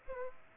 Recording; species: mosquito wingbeat signal from an infrared sensor; Aedes aegypti